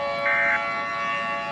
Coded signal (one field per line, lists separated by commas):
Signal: Emergency Alert System (SAME) tones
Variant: end-of-message bursts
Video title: EAS scenario the underlight virus *reuplouded*